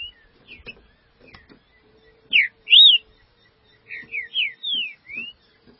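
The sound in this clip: Green-winged saltator song: a few loud slurred whistles, rising and falling, after soft scattered notes, with a steady low hum and faint clicks behind.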